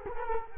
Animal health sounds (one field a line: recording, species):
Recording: mosquito wingbeat signal from an infrared sensor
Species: Culex quinquefasciatus